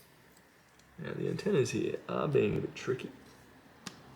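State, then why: Seated. A tiny coaxial antenna connector is pressed onto its socket on the wifi card of an HP Pavilion 15 eg0560tu laptop. It is tricky to get on at first, then it snaps home with a short, sharp click at 3.9 s. Someone talks from about 1.0 to 3.1 s, before the click.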